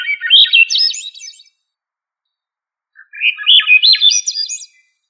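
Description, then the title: Thrush song: two rich, warbled phrases of rising and falling notes with a clear gap between them, no other sounds. "Familia Turdidae - Sabia"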